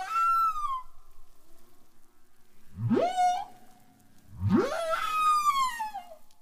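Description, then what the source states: Humpback whale song: a falling high wail, then two sweeping upward whoops, the second bending into a long, descending harmonic cry. Male song.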